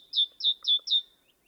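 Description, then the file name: Great tit calling, four quick downslurred notes in a steady series, each sliding down to a clear high tone, then silence. "Parus major"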